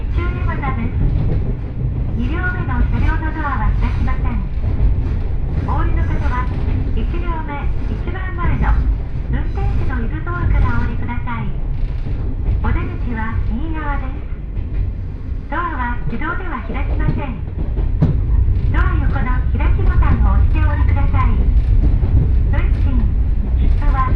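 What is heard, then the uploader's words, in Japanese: Two diesel railcars run at an easy pace, heard from inside, with a steady low engine rumble and rolling wheel noise throughout. Voices talk on and off over the drone, and the overall sound grows slightly louder and heavier in the last few seconds. 耳で楽しむ鉄道旅 城端線 油田→城端。城端線の終点城端駅は山がすぐ近くまで迫ってきており、その先には五箇山が控えているいわゆる行き止まりらしさが残る駅です。途中の砺波駅あたりまでは地元民の乗り降りが多く、そこから先は秋の乗り放題切符を持った人たちばかりと思われます。昔ながらの塗装の気動車が2両のんびりと走っていきます。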